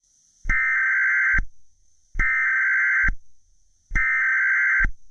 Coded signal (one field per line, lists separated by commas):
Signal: Emergency Alert System (SAME) tones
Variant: header bursts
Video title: EAS Scenario 2: Transfur Infection (collab with VES2446)